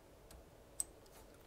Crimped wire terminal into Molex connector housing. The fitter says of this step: nice satisfy little click when it goes in